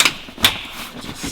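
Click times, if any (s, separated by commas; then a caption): 0.5 s. A magnetic window cover from Van Made Gear is pressed onto the metal window frame of a 4x4 Sprinter van. After a brief tap at the start, it snaps firmly into place with a sharp click at 0.5 s, followed by low handling noise. The cover is seated.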